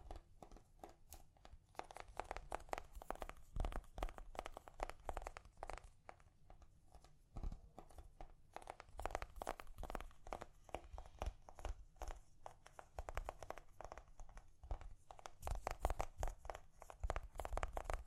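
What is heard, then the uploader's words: Gentle tapping runs through the whole clip, a dense, irregular patter of short, crisp clicks with some crinkly, crunchy edges. Brief louder clusters stand out around 3.5 seconds, near 7.5 seconds and again after 15 seconds, over a low, soft rumble. ASMR Gently Tapping You to Sleep (No Talking).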